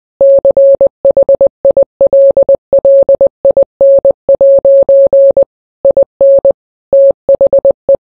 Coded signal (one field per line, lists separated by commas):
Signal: Morse code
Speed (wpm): 20 wpm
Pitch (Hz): 550 Hz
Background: none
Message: CHILLIN' IN THE